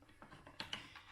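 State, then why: Not seated. A 3D-printed orange plastic tray is pushed by hand into the existing battery holder of a DBXL-E RC car, where it is meant to clip in. Light taps and scrapes are heard, with the sharpest plastic knocks near 0.6 and 0.7 seconds. The tray has not clicked or seated yet when the sound ends.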